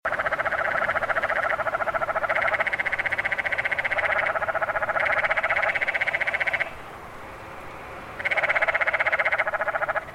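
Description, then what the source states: Canyon tree frog: long rattling trills from canyon tree frogs run almost continuously, overlapping, then pause before another burst starts near the end. Several male canyon tree frogs calling in windy conditions.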